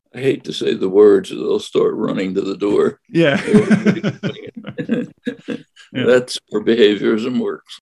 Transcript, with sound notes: I hate to say the words; they’ll start running to the door.
Yeah. [laughs]
That’s how behaviourism works.